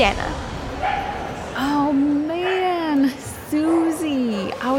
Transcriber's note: sounds of a dog show